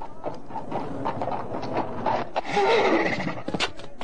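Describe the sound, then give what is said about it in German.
Hooves clatter in a steady, uneven rhythm, then a horse gives a short, high whinny before the hoofbeats slow and stop, with a few scattered thuds at the end, as a finely dressed, white-bearded man reins in his horse on the market square of Buffalo. “Auf dem Marktplatz von Buffalo verhält ein vornehm gekleideter, weißbärtiger Herr sein Pferd.”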